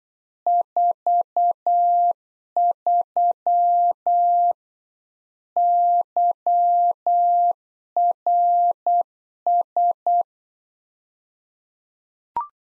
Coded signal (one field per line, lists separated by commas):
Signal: Morse code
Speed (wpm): 8 wpm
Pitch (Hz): 700 Hz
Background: none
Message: 43 YRS